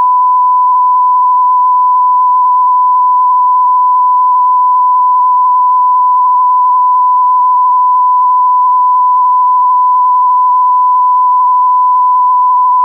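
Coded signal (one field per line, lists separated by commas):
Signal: radio time signal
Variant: TDF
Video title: TDF "France Inter" Time Signal, Allouis France - 162 kHz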